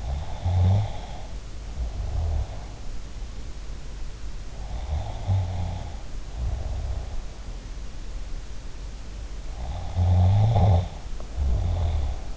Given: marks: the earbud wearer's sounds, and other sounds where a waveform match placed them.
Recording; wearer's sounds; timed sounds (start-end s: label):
sounds in sleep by an in-ear microphone; snoring breath
0.00-2.65 s: snoring breath
4.60-7.35 s: snoring breath
9.48-12.37 s: snoring breath